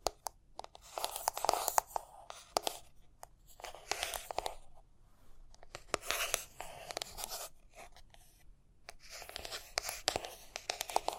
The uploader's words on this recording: Tapping and Scratching (No Talking).